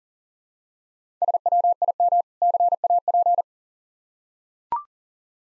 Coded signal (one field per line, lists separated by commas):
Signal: Morse code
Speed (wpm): 44 wpm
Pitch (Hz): 700 Hz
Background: none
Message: SWIM CAP